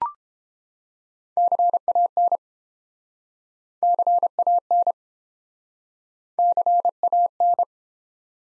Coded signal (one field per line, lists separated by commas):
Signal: Morse code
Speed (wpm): 29 wpm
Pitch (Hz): 700 Hz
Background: none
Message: CAN CAN CAN